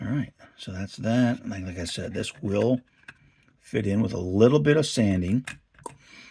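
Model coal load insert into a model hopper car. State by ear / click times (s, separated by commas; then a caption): seated / 5.9 s. Someone talks, then presses a plastic Bowser coal load insert, sanded slightly to fit, down into a model railroad hopper car. It seats with a short, sharp click at 5.9 s.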